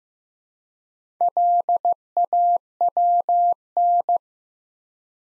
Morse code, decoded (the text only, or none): LAWN